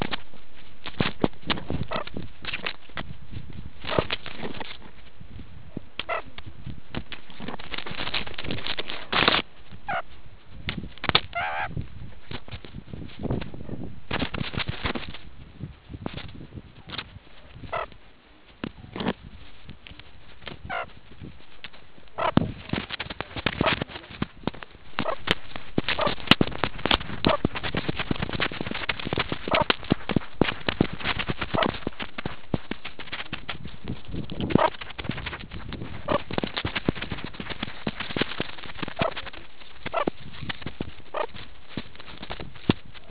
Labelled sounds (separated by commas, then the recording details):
meerkat close call, meerkat social call
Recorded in the Kuruman River Reserve, South Africa
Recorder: an audio tag on a meerkat's collar